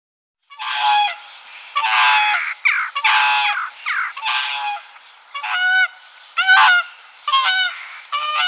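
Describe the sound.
Whooper swans calling together: a near-continuous run of overlapping bugling honks, harsh and nasal at first, then clearer trumpeting notes in quick succession.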